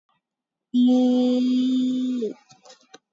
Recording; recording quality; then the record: sustained vowel as in beet; excellent, no background noise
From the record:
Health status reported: COVID-19 positive, moderate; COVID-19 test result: positive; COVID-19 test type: RT-PCR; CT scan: not taken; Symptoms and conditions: cough, cold, sore throat, fever, fatigue, muscle pain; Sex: female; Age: 30 years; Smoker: no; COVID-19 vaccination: none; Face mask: worn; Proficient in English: yes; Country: India